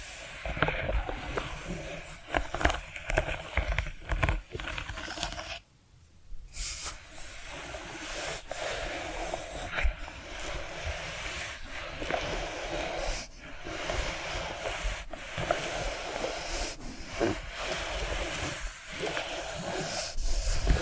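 Tapping and scratching sounds run almost without pause, dense and busy, with sharp taps landing every second or so over a steady rough scraping texture. Around six seconds the sound drops out briefly before the scratching resumes at an even level.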